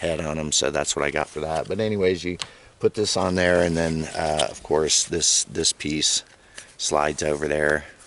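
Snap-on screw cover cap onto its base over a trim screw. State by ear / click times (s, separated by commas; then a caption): not seated / none. A plastic snap-on screw cover cap is handled and slid onto its base over a flush, big-headed cabinet screw on window/wall trim, meant to snap shut and hide the screw. Someone talks throughout, with no distinct sharp impacts. Nothing has seated or clicked yet.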